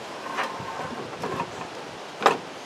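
Wires are routed beside the heat shield while a wire clip or connector is handled near the control panel housing of a Pit Boss smoker during a control board replacement. Quiet handling rustles and small knocks are heard, with the sharpest tap at about 2.3 s. Nothing has seated or snapped into place yet.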